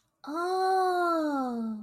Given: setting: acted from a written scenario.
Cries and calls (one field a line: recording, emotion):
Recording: vocal sound without words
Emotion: realization